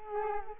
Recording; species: mosquito wingbeat signal from an infrared sensor; Culex quinquefasciatus